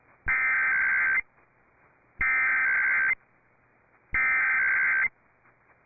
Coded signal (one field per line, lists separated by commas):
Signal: Emergency Alert System (SAME) tones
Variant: header bursts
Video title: The Day After Easter Weekly Tests (EAS #6368-6369) 4/18/22